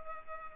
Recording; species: mosquito wingbeat signal from an infrared sensor; Culex pipiens